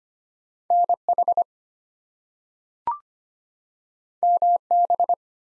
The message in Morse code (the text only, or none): NH MB